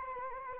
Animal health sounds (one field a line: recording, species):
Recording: mosquito wingbeat signal from an infrared sensor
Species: Anopheles arabiensis